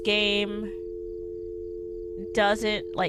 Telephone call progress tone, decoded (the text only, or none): dial tone